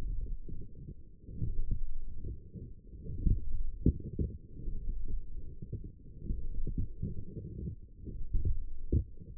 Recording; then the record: forearm muscle sounds (acoustic myography)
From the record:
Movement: forearm supination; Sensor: system 1, eight BSWA MPA416 microphones around the upper forearm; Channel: 7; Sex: female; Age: 22 years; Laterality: right